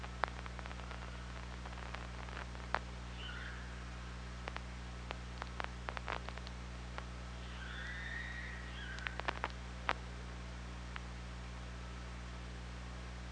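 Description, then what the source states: Killer whale calls: two tonal, gently bending calls with overtones, the second longer, among bursts of crisp clicks and a constant low mechanical hum. OrcaLab hydrophone, 24 August 2017, 07:29:54.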